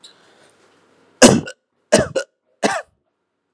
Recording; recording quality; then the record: heavy voluntary cough; excellent, no background noise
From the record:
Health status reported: healthy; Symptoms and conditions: hypertension, diabetes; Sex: male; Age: 46 years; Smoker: not ticked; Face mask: not worn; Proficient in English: yes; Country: India